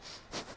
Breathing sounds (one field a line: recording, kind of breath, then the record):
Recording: one breath in and out by a microphone near the nose and mouth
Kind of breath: strong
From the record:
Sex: male